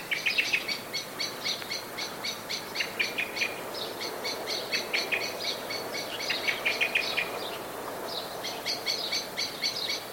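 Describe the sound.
Blackbird anxiety calling, a busy stream of clipped chink notes in fast clusters, pausing briefly near eight seconds before resuming, over soft ambient hiss.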